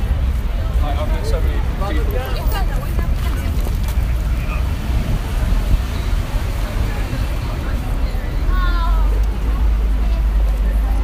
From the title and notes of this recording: Walking on Times Square.